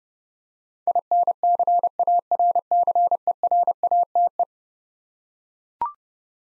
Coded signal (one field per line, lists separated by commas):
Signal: Morse code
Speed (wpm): 31 wpm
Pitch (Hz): 700 Hz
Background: none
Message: INCARCERATE